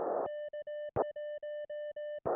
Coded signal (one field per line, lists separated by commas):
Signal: Morse code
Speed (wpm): 18 wpm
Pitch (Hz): 1800 Hz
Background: music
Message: K1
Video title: My Audio & Video Gear + How I Record HAM Radio in the Field.